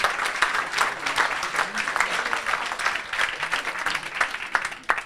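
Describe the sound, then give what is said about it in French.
A crowd applauds steadily, a dense, crackling wash of many hands clapping at once that holds fairly even for several seconds without pause, welcoming a guest speaker at the Mardis de l'espace event. “Je crois qu'on peut l'applaudir à nouveau pour lui souhaiter la bienvenue, alors.”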